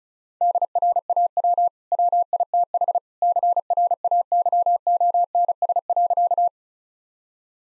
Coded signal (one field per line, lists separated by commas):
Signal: Morse code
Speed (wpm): 34 wpm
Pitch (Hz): 700 Hz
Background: none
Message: DRAW WITH CRAYONS.